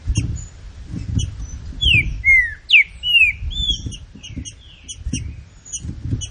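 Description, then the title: Green-winged saltator song: one phrase of loud whistled notes sliding down, with repeated high chips and low thumping sounds throughout. Classic song style (canto clássico), presented as training material. "Canto Clássico Trinca Ferro TREINAMENTO"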